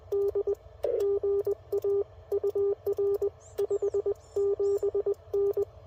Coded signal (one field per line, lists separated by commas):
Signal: Morse code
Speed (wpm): 21 wpm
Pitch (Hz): 400 Hz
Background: radio noise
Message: D GA UR 57N